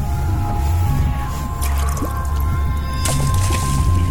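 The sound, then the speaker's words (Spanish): Lake water sloshes and splashes as people go into the water, over a steady low rumble, with two brighter bursts of splashing about midway and near the end. No one speaks. “Ahora tenemos todo el lago para nosotros. Vamos al agua.”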